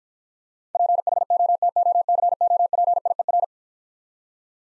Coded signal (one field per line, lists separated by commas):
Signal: Morse code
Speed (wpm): 51 wpm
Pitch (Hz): 700 Hz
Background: none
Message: PHOTOCOPIER